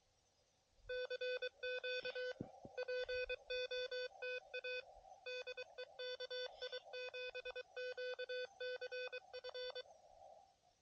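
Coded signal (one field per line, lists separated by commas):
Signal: Morse code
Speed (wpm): 23 wpm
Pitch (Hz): 500 Hz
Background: none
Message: CQ POTA DEKI7QCF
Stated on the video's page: QRP CW park activation using an Elecraft KH1.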